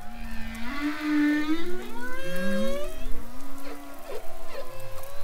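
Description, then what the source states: Humpback whale moaning underwater, a run of tonal units sliding up and down with rich harmonics. Recorded underwater off the Irish coast with a microphone held in the water from boats; humpbacks pass heading south from the north to give birth in the Caribbean.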